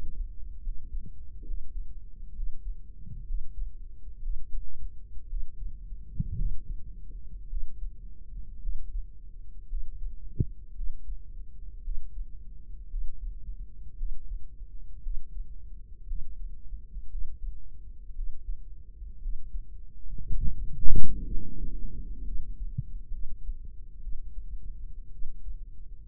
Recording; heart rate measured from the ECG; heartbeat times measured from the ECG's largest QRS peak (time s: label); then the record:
heart sounds by microphone in the right ear; 59 bpm
0.60 s: heartbeat
1.43 s: heartbeat
2.33 s: heartbeat
3.24 s: heartbeat
4.20 s: heartbeat
5.27 s: heartbeat
6.35 s: heartbeat
7.47 s: heartbeat
8.59 s: heartbeat
9.67 s: heartbeat
10.73 s: heartbeat
11.81 s: heartbeat
12.88 s: heartbeat
13.95 s: heartbeat
15.01 s: heartbeat
16.05 s: heartbeat
17.08 s: heartbeat
18.13 s: heartbeat
19.19 s: heartbeat
20.24 s: heartbeat
21.27 s: heartbeat
22.22 s: heartbeat
23.09 s: heartbeat
23.99 s: heartbeat
25.09 s: heartbeat
From the record:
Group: healthy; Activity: Valsalva maneuver 0-18 s, rest 18-26 s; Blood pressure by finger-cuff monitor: 109/73 mmHg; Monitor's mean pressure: 82 mmHg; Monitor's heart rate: 58 bpm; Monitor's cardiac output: 4.4 L/min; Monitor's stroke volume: 75 mL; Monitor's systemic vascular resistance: 1380 dyn s/cm5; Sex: female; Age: 23 years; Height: 160 cm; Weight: 50.4 kg